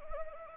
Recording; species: mosquito wingbeat signal from an infrared sensor; Anopheles arabiensis